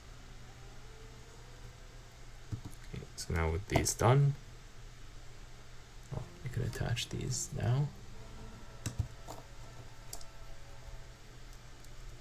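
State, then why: Not seated. Someone talks while handling a plastic LEGO sub-assembly to attach it onto the LEGO Pokémon Rayquaza 72168 model, with faint handling taps and rustles. Nothing has seated or clicked into place yet; the clip ends before the part goes home.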